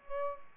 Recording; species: mosquito wingbeat signal from an infrared sensor; Aedes aegypti